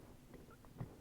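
Inside an Alfa Romeo GTV 916 V6, the seat belt is pulled across and its metal tongue is brought toward the buckle, with soft handling rustle and two small knocks around 0.7 s and 0.8 s. The tongue has not seated or clicked into the buckle yet.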